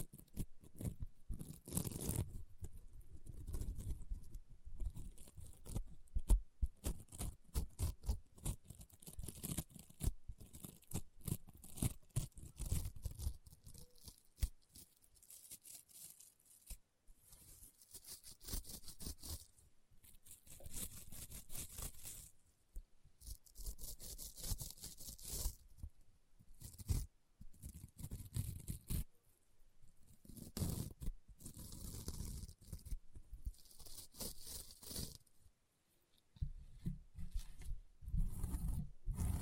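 Crunchy, popping sounds from a honeycomb slime being pressed and squeezed, a dense run of sharp crackles and snaps coming in quick bursts. Short quiet gaps break up the clusters, and some stretches turn into brighter hissing, tearing squelches with a low thump underneath.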